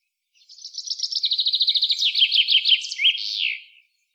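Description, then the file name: Common chaffinch song: one complete phrase, a rapid series of high notes that drops in stages and ends in an emphatic, downslurred flourish, with little background sound. "Fringilla coelebs"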